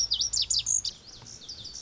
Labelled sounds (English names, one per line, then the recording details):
Lazuli Bunting
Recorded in Sonoma County, California